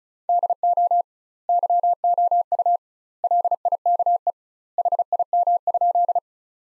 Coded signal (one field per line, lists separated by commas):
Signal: Morse code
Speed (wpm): 36 wpm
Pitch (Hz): 700 Hz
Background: none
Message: DO YOU LIKE HIM?